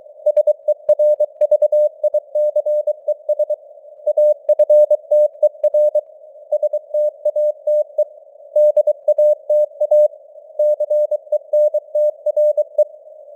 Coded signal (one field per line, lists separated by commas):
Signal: Morse code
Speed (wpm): 23 wpm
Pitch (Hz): 600 Hz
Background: none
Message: SERVICES AFTER STATE DATA CENTRE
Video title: Morse Code News | 2025-09-27 | 23wpm